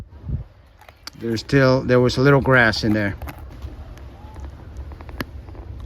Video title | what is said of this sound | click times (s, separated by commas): Footjoy Traditions how to replace spikes | Okay, you hear that click? | 5.2 s